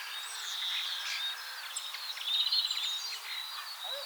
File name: Chloris chloris